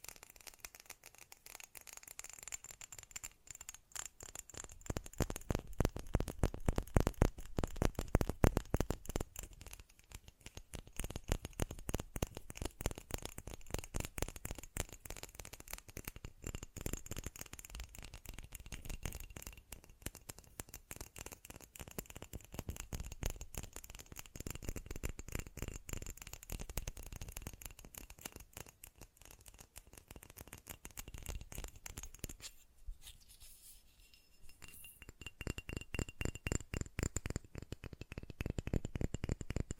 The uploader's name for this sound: Fast Tapping